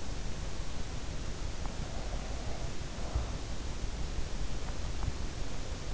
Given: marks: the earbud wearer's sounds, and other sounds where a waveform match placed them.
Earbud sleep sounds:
sounds in sleep by an in-ear microphone; breath
1.60-3.74 s: breath

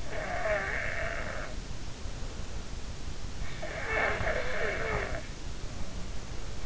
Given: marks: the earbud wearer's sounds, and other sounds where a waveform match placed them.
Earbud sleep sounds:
sounds in sleep by an in-ear microphone; snoring breath
0.14-2.83 s: snoring breath
3.62-6.66 s: snoring breath

